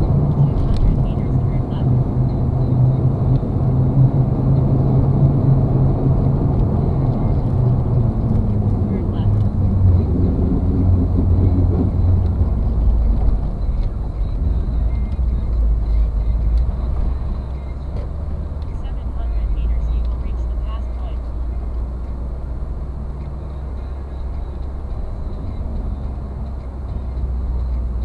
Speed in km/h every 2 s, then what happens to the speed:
60, 59, 58, 61, 47, 41, 30, 27, 24, 27, 32, 35, 37, 36.
0-6 steady at about 59. 6-15 brakes to 24. 15-22 speeds up to 35. 22-28 steady at about 36.